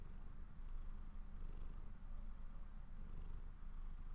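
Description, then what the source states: Cat purring softly and evenly, a quiet low rumble with little else heard. Owner's pet cat purring while falling asleep.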